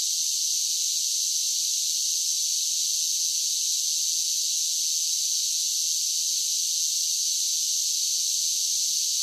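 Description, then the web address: Cicadas in a constant shrill buzzing chorus, level and unchanging from start to end, with nothing else audible. Several cicadas singing together. "Blastwave INSECTS Cicadas Sing"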